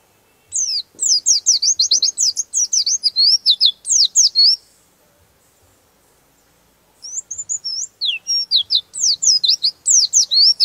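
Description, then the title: White-eye song, two long phrases of rapid, high, sweeping chirps and twitters separated by a quiet gap of about two seconds. "Pleci"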